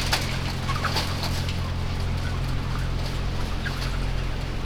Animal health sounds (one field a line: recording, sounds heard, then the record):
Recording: poultry house recording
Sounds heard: healthy chickens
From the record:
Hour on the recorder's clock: 12